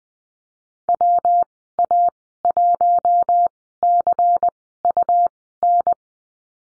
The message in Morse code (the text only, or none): WA1CUN